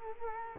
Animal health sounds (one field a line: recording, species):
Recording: mosquito wingbeat signal from an infrared sensor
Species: Culex quinquefasciatus